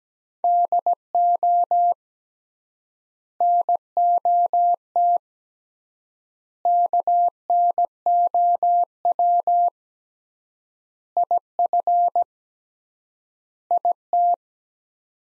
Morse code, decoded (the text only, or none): DO NOT KNOW IF IT